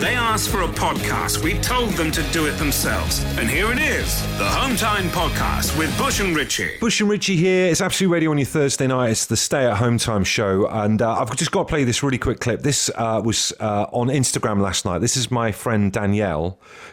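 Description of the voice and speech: Opens with a few seconds of a radio show jingle over music, then an adult man talks in a fluent, relaxed British voice at a normal pace. He has clear articulation and ordinary pitch variation, with only a few natural 'uh' fillers.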